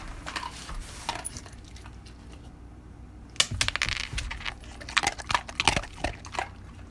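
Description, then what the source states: Dog chewing: scattered crisp crunching, quiet for a moment, then a lively run of crunches and clicks. Dog munching a treat that was dropped.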